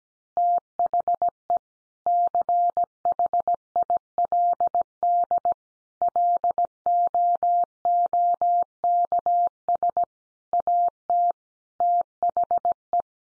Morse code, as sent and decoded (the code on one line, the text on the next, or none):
- .... . / -.-. .... .. .-.. -.. / .-.. --- --- -.- ... / .- - / - .... .
THE CHILD LOOKS AT THE